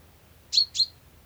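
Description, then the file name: Common chaffinch call: two short, sharp high notes about a quarter second apart, over a low steady hum. "Fringilla coelebs"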